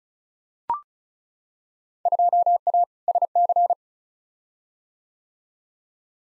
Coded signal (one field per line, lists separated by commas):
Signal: Morse code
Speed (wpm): 34 wpm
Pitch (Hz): 700 Hz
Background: none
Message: 2A SC